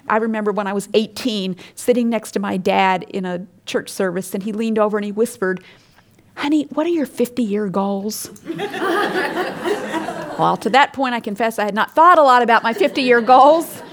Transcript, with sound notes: I remember when I was eighteen sitting next to my dad in a church service, and he leaned over and he whispered, "Honey, what are your fifty-year goals?" (laughter) To that point, I'll confess I had not thought a lot about my fifty-year goals!